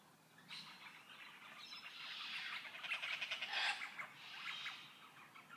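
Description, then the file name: Bird giving a blurred run of high twittering notes, swelling in the middle and fading slightly toward the end. "Tweets"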